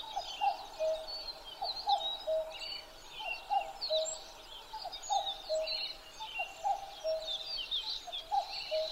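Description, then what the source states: Common cuckoo repeating its descending cuck-oo several times, backed by a dense chorus of thin, high songbird phrases. Recorded 12 June 2011 at 03:53.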